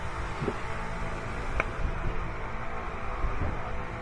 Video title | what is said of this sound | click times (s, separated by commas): how to replace spark plugs and wires chysler town and country 3.3 v6 2005 | feel that click know when it's seated | 1.6 s